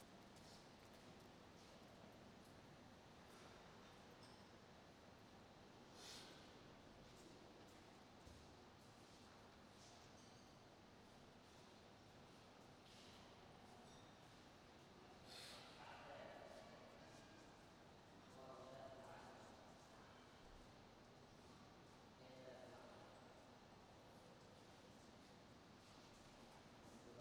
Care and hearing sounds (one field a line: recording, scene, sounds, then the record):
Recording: everyday scene through a hearing-aid microphone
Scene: reverberant space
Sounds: background noise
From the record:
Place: railway station hall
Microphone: in the ear canal, right